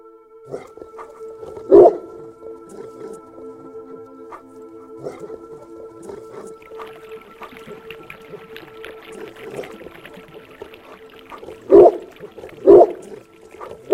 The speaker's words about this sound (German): Als Antwort erscholl in der Dämmerung tiefes Gebell, und aus dem Garten kam ein mächtiger Hund mit spitzen Ohren, grauem Fell und einem Halsband mit Goldbeschlägen auf den Balkon gesprungen.